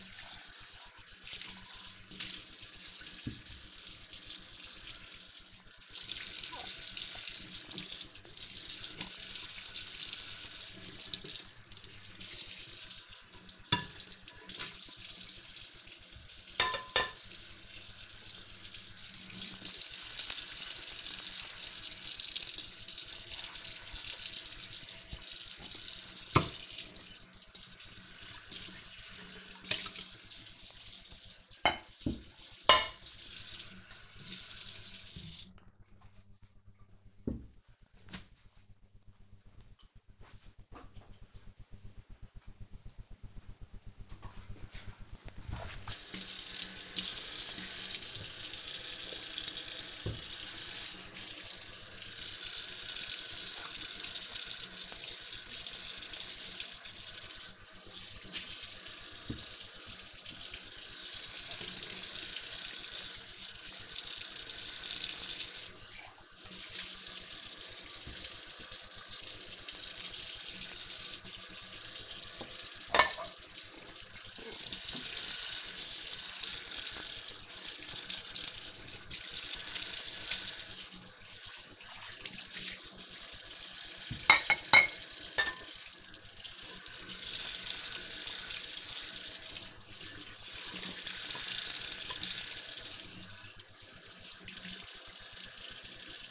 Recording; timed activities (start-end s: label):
household activities, microphone on the right wrist
0.00-35.39 s: washing dishes
43.42-96.31 s: washing dishes